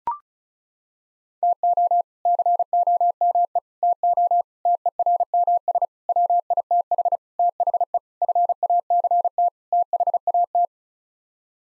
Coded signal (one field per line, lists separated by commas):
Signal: Morse code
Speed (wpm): 34 wpm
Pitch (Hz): 700 Hz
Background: none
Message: TO COME TO TERMS WITH THE FACT THAT